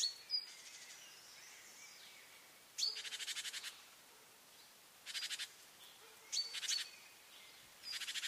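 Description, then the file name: Great tit calls: scattered high ticks and buzzy rattles in several bursts over a steady hiss of background noise. "Parus major"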